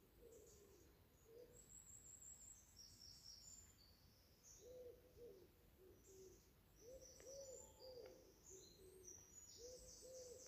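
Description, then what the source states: Owl giving low hoots in loose groups of two to four notes with pauses between, while insects buzz and chirp steadily in the high range. Heard quite a way off in woods at Bishop Wood at twilight just after 6 am, early morning in summer 2021, still dark on leaving home, on a dog walk.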